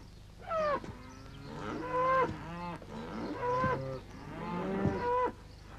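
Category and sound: animal, cows mooing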